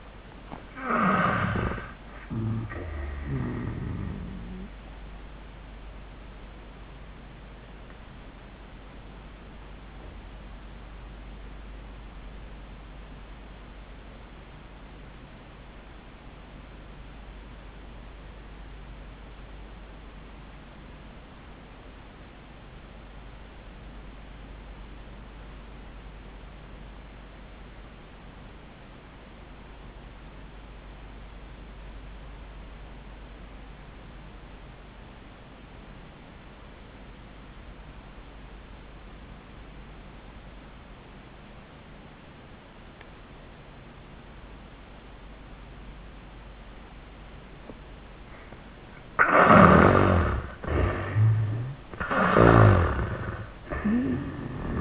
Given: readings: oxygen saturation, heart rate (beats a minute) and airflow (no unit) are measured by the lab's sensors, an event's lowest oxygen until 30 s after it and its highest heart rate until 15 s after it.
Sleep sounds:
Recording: breathing in sleep by a voice recorder at the bedside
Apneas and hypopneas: 1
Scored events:
7.00-50.00 s: obstructive apnea (REM, oxygen 95% highest, then 66% lowest, heart rate 86 at the start, 95 highest)
From the record:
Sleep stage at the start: REM sleep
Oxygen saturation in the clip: 71 to 95%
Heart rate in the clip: 64 to 91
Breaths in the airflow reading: 4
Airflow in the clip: -18.1 to 15.0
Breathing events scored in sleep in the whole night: 400 in 8.7 hours asleep

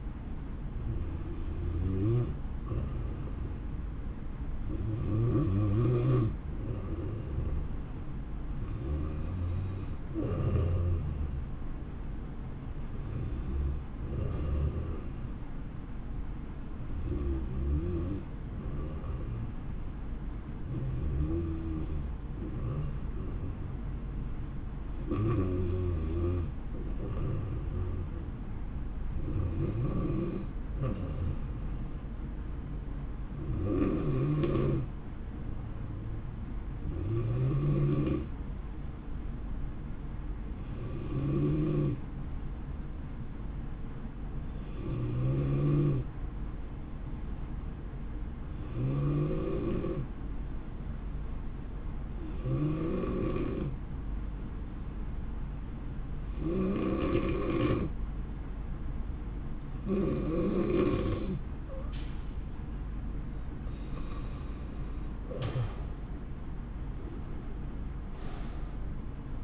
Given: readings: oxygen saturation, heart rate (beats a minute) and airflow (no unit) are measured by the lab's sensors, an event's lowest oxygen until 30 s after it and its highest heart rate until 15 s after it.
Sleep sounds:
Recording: breathing in sleep by a smartphone at the bedside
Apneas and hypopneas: 1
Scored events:
18.00-48.00 s: new sleep stage, N3 (deep sleep)
21.00-59.10 s: hypopnea (N3, oxygen 91% highest, then 85% lowest, heart rate 72 at the start, 82 highest)
48.00-69.44 s: new sleep stage, N2 (light sleep)
From the record:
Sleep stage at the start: N2 (light sleep)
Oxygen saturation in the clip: 85 to 91%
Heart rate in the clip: 67 to 80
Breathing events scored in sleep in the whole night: 160 in 9.3 hours asleep

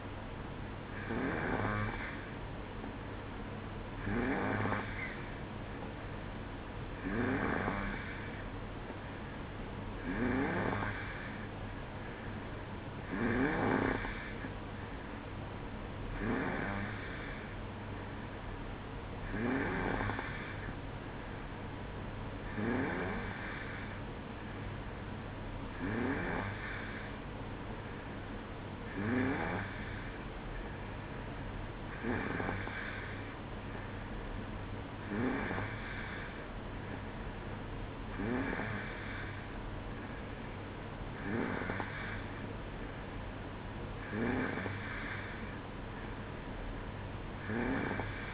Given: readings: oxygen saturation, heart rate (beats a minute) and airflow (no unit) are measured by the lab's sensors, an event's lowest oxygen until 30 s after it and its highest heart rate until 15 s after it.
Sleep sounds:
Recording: breathing in sleep by a voice recorder at the bedside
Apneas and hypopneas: none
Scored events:
none scored
From the record:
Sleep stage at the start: N2 (light sleep)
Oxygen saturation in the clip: 91 to 92%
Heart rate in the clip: 62 to 66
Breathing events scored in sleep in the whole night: 305 in 9.6 hours asleep

